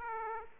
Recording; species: mosquito wingbeat signal from an infrared sensor; Aedes aegypti